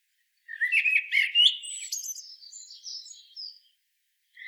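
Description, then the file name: Common blackbird song phrase: rich fluted notes rising into a thin, high squeaky trailing twitter, then a brief quiet gap and another low note starting. "Turdus merula"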